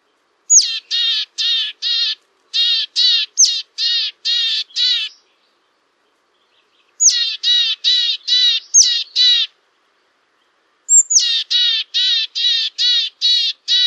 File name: homotiaisen-varoitusaanta janerikbruun